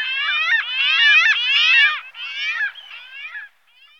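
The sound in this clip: Arctic skua calls in a dense, overlapping burst of nasal wailing notes for about two seconds, then broken, fading shorter calls with brief gaps.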